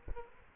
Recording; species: mosquito wingbeat signal from an infrared sensor; Aedes aegypti